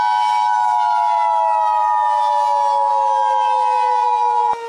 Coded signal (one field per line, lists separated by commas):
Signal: Emergency Alert System (SAME) tones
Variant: 853 and 960 Hz attention tone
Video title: *VALID TONES* Snownado (EAS Scenario)